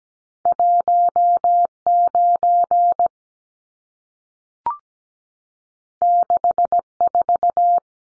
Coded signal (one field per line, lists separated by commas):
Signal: Morse code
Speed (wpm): 17 wpm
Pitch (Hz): 700 Hz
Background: none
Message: 19 64